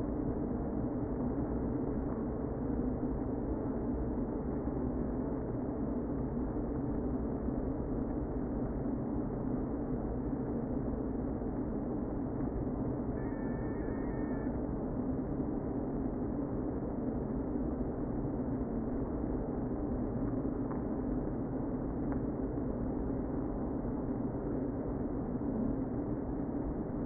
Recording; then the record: honeybee colony, microphone inside the hive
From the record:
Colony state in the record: queen present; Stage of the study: before two queens were removed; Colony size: about 60,000 bees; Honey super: yes